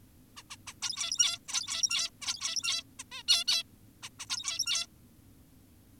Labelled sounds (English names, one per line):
Zebra Finch